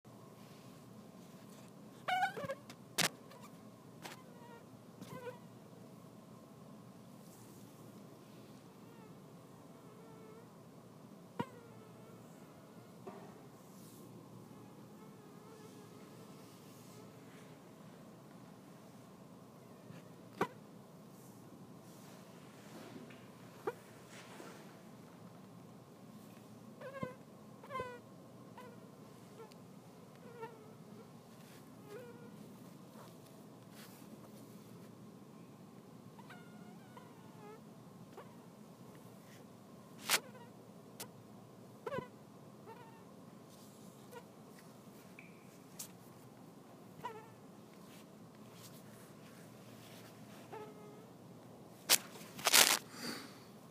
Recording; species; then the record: mosquito flight sound by mobile phone; Anopheles dirus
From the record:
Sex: female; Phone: iPhone 6